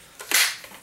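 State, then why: Seated. A Kel-Tec Sub2000 folding carbine's barrel is unfolded after its release button is pressed. A soft rustle at 0.2 s leads into a sharp, bright snap at 0.4 s, with a ringing tail and a faint tick near 0.6 s. The barrel locks open into the rifle's latch in the firing position.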